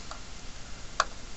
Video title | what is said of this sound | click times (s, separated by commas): drunken pc build | and lock it in place you'll hear a little click and then the lever will stay there see | 1.0 s